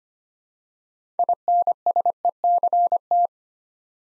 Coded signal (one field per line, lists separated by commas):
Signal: Morse code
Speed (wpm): 25 wpm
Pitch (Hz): 700 Hz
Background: none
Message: INSECT